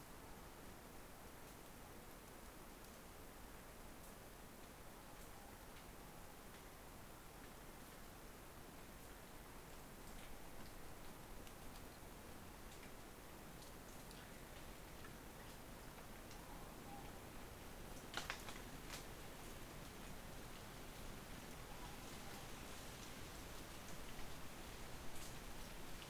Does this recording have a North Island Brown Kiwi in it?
no